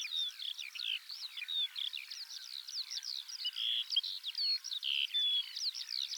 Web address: skylark sound